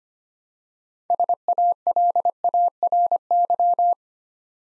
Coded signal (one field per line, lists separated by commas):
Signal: Morse code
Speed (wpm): 25 wpm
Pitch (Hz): 700 Hz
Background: none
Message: SALARY